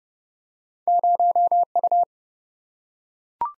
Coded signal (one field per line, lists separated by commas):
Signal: Morse code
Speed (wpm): 30 wpm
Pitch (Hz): 700 Hz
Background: none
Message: 0U